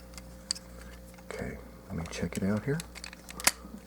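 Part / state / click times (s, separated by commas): plastic transforming toy part into its locking position on the toy body / seated / 3.5 s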